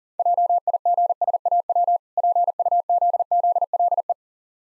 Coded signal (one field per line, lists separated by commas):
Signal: Morse code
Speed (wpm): 40 wpm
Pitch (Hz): 700 Hz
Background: none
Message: JIGSAW PUZZLE